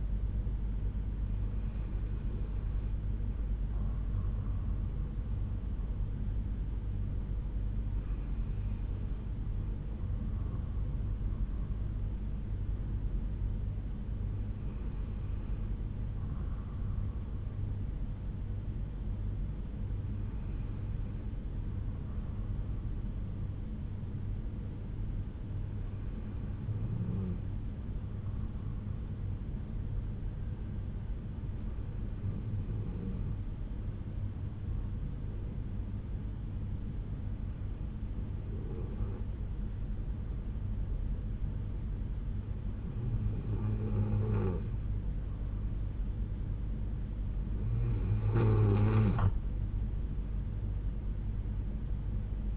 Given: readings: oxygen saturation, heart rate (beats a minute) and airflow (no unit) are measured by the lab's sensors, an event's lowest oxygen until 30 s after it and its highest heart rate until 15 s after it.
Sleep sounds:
breathing in sleep by a smartphone at the bedside; 1
11.00-47.70 s: hypopnea (N2, oxygen 95% highest, then 92% lowest, heart rate 60 at the start, 72 highest)
From the record:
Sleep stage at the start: N2 (light sleep); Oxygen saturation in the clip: 92 to 95%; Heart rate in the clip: 58 to 67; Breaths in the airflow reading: 10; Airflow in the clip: -6.1 to 9.6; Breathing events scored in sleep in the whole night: 368 in 8.0 hours asleep

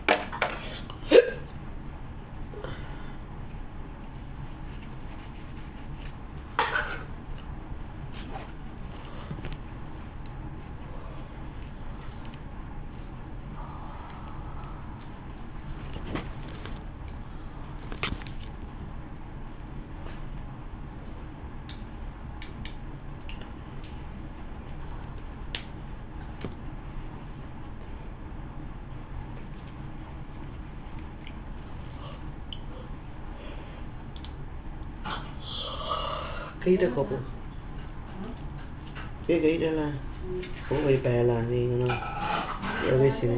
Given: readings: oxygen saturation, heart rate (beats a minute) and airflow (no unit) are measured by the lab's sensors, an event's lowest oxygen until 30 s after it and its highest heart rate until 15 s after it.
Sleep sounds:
a person awake in a sleep study, by a smartphone at the bedside; none
0.00-43.38 s: awake
0.00-43.38 s: awake
From the record:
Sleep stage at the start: awake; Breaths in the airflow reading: 13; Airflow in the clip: -0.6 to 0.7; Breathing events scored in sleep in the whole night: 328 in 6.3 hours asleep

